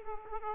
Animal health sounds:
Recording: mosquito wingbeat signal from an infrared sensor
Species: Aedes aegypti

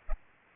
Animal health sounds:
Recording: mosquito wingbeat signal from an infrared sensor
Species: Aedes aegypti

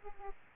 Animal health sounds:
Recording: mosquito wingbeat signal from an infrared sensor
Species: Aedes albopictus

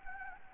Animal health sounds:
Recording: mosquito wingbeat signal from an infrared sensor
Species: Anopheles gambiae

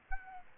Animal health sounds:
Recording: mosquito wingbeat signal from an infrared sensor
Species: Aedes albopictus

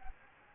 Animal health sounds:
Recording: mosquito wingbeat signal from an infrared sensor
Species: Anopheles gambiae

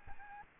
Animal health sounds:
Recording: mosquito wingbeat signal from an infrared sensor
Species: Aedes albopictus

